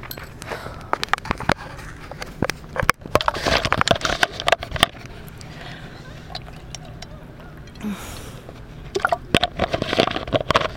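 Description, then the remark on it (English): During a break from sit-ups, push-ups and squats, water is drunk from a bottle, with a run of sharp clicks, crinkles and squishy handling noises, some swallowing-like gurgles and soft breathing between bursts. “So, keep going, but I need some water first.”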